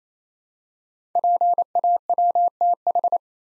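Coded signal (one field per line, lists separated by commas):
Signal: Morse code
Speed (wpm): 28 wpm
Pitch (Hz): 700 Hz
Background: none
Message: PAWTH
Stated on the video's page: Morse code practice drill of five-letter code groups at 28 wpm, each group sent, spoken, then sent again.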